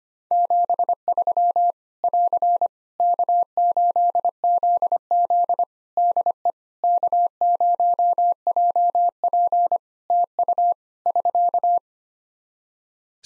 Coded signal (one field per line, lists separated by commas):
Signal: Morse code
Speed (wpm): 25 wpm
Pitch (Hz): 700 Hz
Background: none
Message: 73 <AR> K8ZZ DE K0JP TU <SK>